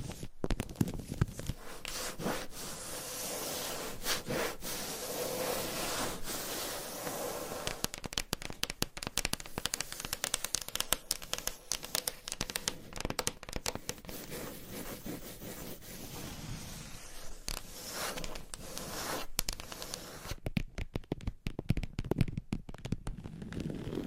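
Scratching and tapping triggers fill the clip with crisp, crackly clicks over a soft bright rustle. The first few seconds carry a smoother scratchy texture, then sharp taps come quicker and denser, clustering thickly in the final four seconds.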